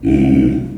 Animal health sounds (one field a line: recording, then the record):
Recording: squeal of a Yucatan mini pig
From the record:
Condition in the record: after surgery on the right vocal fold (resection and tissue-engineered implant)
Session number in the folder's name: 1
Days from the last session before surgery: 13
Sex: female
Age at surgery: 19 weeks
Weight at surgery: 25 kg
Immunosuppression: prednisolone